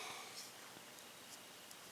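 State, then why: Not seated. The small blade of a Game Winner folding pocket knife with yellow plastic scales, sold by Sports Authority, is opened fully in its handle, with only faint rustling and a brief soft tick over low background noise. The blade does not snap at the final open position; nothing has seated or clicked.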